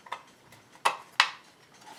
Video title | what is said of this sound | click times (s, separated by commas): Farmertec / Huztl 036 "Kit Saw" Final Assembly & First Start | look at that look at that that just snapped right into place | 0.9 s, 1.2 s